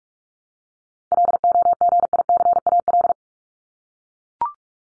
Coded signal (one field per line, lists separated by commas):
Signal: Morse code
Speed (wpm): 44 wpm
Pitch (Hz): 700 Hz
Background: none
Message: LOGICAL